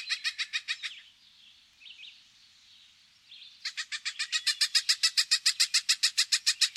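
Cooper's hawk cackling call: a rapid run of harsh, evenly spaced 'kak' notes, broken by a brief softer scratchy pause, then resuming louder.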